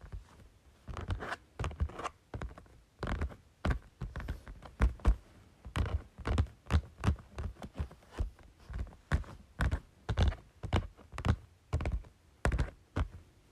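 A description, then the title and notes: A folder is tapped repeatedly, each hit a short dull knock with a bit of papery snap on top. The taps come steadily, about two or three per second, sometimes in quick pairs, with near silence between them throughout. Tapping Folder.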